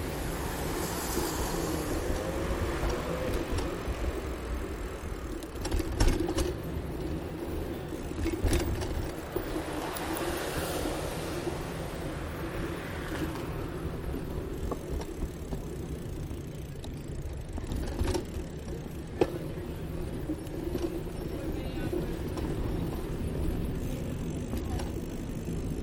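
A soundscape of central Bogotá recorded by bicycle: a steady, dense rumble of traffic and engines fills the whole clip. Passing vehicles swell around 1, 10 and 13 seconds, voices surface now and then, and sharp clicks and knocks break through near 6, 8, 18 and 19 seconds.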